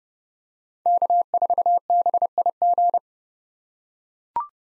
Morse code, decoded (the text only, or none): K4BIG